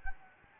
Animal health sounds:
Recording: mosquito wingbeat signal from an infrared sensor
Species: Anopheles gambiae

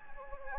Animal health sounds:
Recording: mosquito wingbeat signal from an infrared sensor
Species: Anopheles gambiae

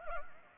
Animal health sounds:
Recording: mosquito wingbeat signal from an infrared sensor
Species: Anopheles gambiae

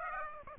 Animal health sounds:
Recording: mosquito wingbeat signal from an infrared sensor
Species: Aedes aegypti

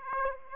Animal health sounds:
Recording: mosquito wingbeat signal from an infrared sensor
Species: Aedes aegypti

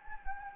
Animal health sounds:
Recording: mosquito wingbeat signal from an infrared sensor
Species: Anopheles gambiae

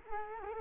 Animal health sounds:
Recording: mosquito wingbeat signal from an infrared sensor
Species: Culex quinquefasciatus

